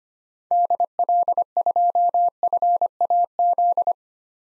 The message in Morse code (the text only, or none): DL2FAZ